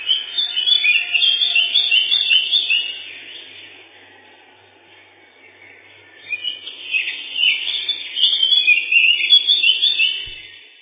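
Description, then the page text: Lesser whitethroat singing in two spells of fast, scratchy, chattering warble, separated by a quieter pause of a few seconds. Song described as a set of twitters including a loud 'kle-kle-kle', ending in a dry rapid trill 'tiktiktiktik'. "Славка-завирушка, или славка-мельничек — Sylvia curruca"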